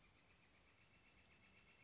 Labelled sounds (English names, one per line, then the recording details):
Northern Flicker
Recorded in Sonoma County, California